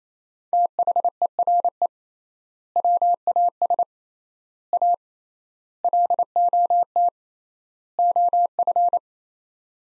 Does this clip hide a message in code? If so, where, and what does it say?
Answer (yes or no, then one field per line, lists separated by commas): yes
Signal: Morse code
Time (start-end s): 0.5-9.0 s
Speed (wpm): 28 wpm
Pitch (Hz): 700 Hz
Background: none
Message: THERE WAS A LOT OF